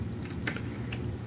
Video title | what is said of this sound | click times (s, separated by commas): bosko's toybox 47- Hot Wheels Lego Cars & Lego Mini Figs | doesn't click into place okay | none